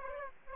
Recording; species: mosquito wingbeat signal from an infrared sensor; Aedes aegypti